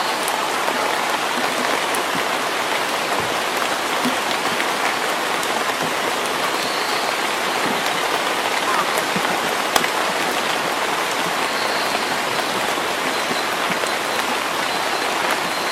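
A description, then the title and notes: Rain falls steadily in a forest in early summer, a dense, even hiss that holds the same level throughout. Occasional sharper drop taps stand out, with one brief louder tick near ten seconds, and faint high bird-like notes drift in around six and twelve seconds. Rainy days in the forest in early summer.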